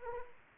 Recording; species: mosquito wingbeat signal from an infrared sensor; Anopheles arabiensis